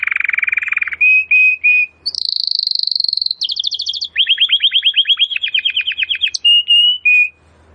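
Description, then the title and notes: Domestic canary song: rapid low rolling trill, short flat whistles, fast high trills and a descending rattle, strongly varied phrases. Belgian canary singing; labelled 'Campainha'. "Canário Belga Campainha Canary Singing. Canario Belga Cantando"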